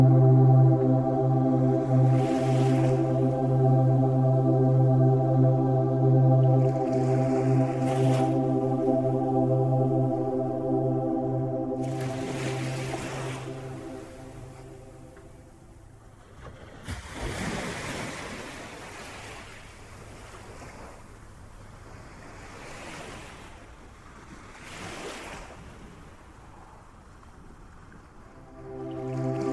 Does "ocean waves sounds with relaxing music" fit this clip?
yes